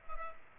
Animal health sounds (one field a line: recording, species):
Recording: mosquito wingbeat signal from an infrared sensor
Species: Culex pipiens